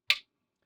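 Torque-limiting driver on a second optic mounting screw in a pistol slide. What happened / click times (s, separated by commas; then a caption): The torque driver clicked at its preset limit / 0.1 s. A preset torque-limiting driver tightens the second optic mounting screw, fastening a HEX Wasp optic to a Springfield Armory Hellcat pistol slide. It gives a single sharp, bright click at 0.1 s as it reaches 15 inch-pounds, and the click fades quickly into silence. The screw is confirmed tightened to torque, so the optic is now held down.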